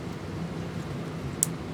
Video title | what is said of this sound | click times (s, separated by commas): Dyson DC41 Animal BRUSH WON'T MOVE - FIXED! Switch Replacement 4K | you heard it click alright now watch I'm gonna slide this right back up in here that's | 1.4 s